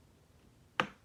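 A grip screw is run backwards in a revolver grip frame, and at 0.8 s it gives a single sharp click as it drops over the first thread. The click shows the screw is aligned to thread forwards without cross-threading. The rest of the clip is quiet.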